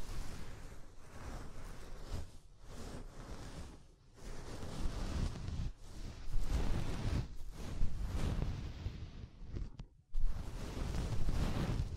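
Soft, fluffy ASMR triggers rub against the ear, making a thick, low, muffled rustling that fills almost every moment. The brushing swells and fades in waves, with brief pauses near 2.5, 4, 6 and 7 seconds and a short silence just before 10 seconds.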